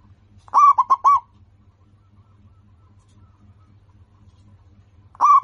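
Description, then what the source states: Zebra dove cooing phrase of four quick, throaty notes, then a pause before the next phrase begins. Local-strain bird singing actively, with a voice described as crystal clear and loud.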